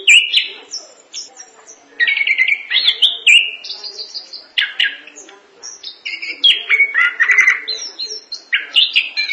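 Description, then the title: Thrush song, an energetic run of sweet whistles, sharp chips and buzzy trills, each phrase different and closely spaced. "burung anis"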